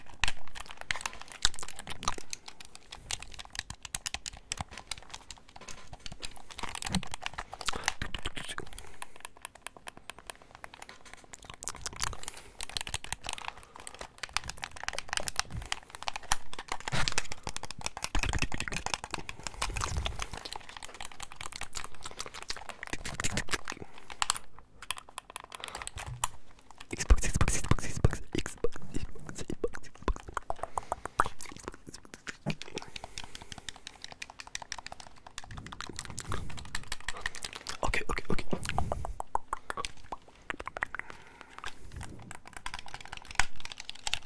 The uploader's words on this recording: ASMR Controller Sounds.